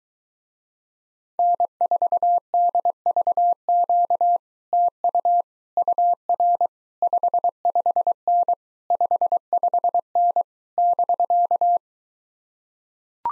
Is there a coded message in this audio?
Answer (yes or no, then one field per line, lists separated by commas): yes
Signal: Morse code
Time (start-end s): 1.4-11.8 s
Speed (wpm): 23 wpm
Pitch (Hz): 700 Hz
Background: none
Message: N4DVQ TU UR 55N 55N <BK>